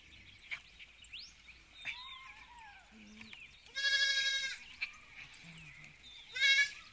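Sheep giving one strong bleat midway and a brief second bleat near the end, with scattered bird chirps and soft background sounds.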